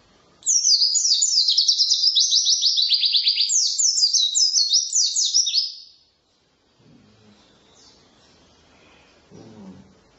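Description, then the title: White-eye pouring out rapid high twittering for about five seconds, then near silence with faint low rumbles. Wild forest (ngalas) white-eye with a fill-in (isian) song, used for training songbirds (masteran). "mster Mnuk. Pleci ngalas isian untuk masteran"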